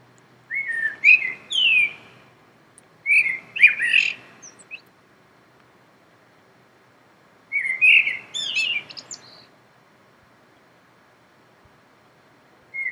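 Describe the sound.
Common blackbird song: three fluted, warbling phrases, each ending in high squeaky twitters, separated by pauses.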